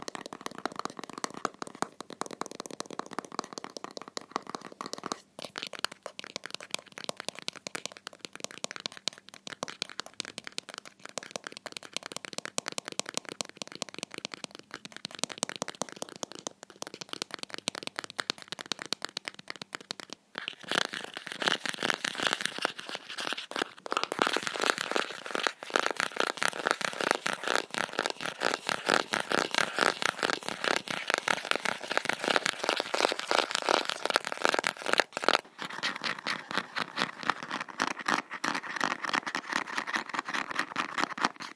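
Crisp tapping and scratching on a plastic soap holder, made of rapid, dense clicks with a dry, bright edge. The first twenty seconds are softer and sparser, then a louder, busier stretch of rasping scratches runs from about 20 to 35 seconds before easing slightly.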